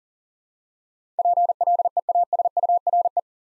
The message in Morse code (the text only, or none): PLEASURE